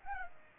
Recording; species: mosquito wingbeat signal from an infrared sensor; Culex pipiens